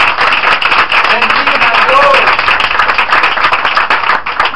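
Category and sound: crowd, audience applauding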